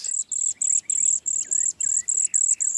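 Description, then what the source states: Cedar Waxwing contact calls: very high, thin trilled notes repeated about every quarter second, with lower slurred whistles mixed in. Communal feeders that do not sing to establish feeding territories; use high-pitched trills and buzzy calls to keep track of each other in small flocks.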